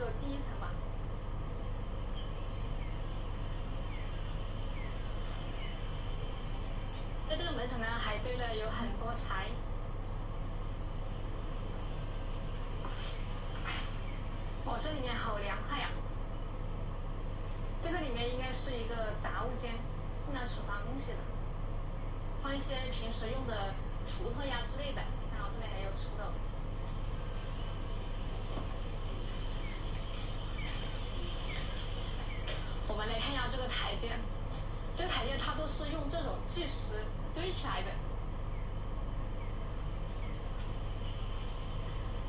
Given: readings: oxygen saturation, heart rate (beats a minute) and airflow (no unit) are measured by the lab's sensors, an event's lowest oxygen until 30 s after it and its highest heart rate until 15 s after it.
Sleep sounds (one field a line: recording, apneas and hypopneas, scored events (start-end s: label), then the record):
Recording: a person awake in a sleep study, by a smartphone at the bedside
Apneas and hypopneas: none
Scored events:
0.00-42.29 s: awake
From the record:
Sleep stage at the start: awake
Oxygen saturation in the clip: 94%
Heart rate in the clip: 60 to 66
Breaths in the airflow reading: 15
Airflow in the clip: -4.6 to 4.7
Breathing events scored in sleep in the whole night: 476 in 9.7 hours asleep